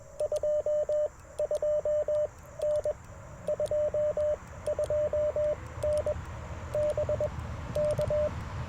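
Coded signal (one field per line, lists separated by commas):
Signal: Morse code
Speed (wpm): 21 wpm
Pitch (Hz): 600 Hz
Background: radio noise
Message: 22N 22N BK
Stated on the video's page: QRP CW Parks on the Air activation sent with paddles on an Icom IC-705 into a Chelegance MC-750 antenna.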